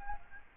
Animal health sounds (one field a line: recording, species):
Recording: mosquito wingbeat signal from an infrared sensor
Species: Aedes albopictus